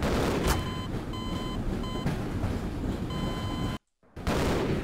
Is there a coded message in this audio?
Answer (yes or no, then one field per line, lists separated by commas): no